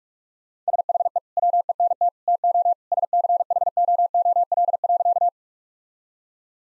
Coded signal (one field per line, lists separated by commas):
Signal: Morse code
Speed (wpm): 42 wpm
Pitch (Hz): 700 Hz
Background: none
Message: SHE WENT TO SCHOOL.